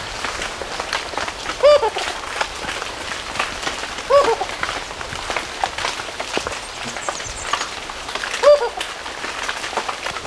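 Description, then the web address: Jocotoco antpitta giving three short, low hoots several seconds apart through the patter of steady rain. Ecuador. "Birds of Ecuador 2. Jocotoco Antpitta"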